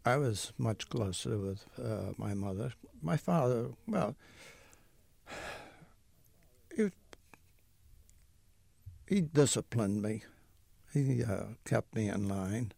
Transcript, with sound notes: I was much closer with my mother. My father, well, ( he sighs ) he disciplined me. He kept me in line.